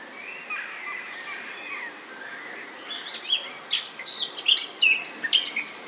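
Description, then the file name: Eurasian blackcap song: soft, low warbling at first, then a louder, rapid run of sharp whistled notes in the second half. "Sylvia atricapilla"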